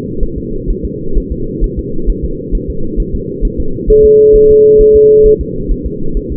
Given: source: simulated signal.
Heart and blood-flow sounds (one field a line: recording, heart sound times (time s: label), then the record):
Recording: fetal heart sounds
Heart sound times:
0.23 s: S1
0.38 s: S2
0.70 s: S1
0.85 s: S2
1.17 s: S1
1.32 s: S2
1.64 s: S1
1.79 s: S2
2.10 s: S1
2.25 s: S2
2.55 s: S1
2.70 s: S2
3.00 s: S1
3.15 s: S2
3.45 s: S1
3.60 s: S2
3.90 s: S1
4.05 s: S2
4.36 s: S1
4.51 s: S2
4.81 s: S1
4.96 s: S2
5.26 s: S1
5.41 s: S2
5.72 s: S1
5.86 s: S2
6.17 s: S1
6.32 s: S2
From the record:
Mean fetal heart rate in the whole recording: 130 bpm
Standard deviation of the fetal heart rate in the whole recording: 4 bpm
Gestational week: 38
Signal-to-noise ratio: -8.1 dB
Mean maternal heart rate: 72 bpm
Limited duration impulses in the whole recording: present